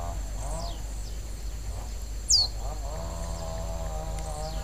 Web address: sound Copper-seedeater. صدای-پرنده-دانه-خوار-مسی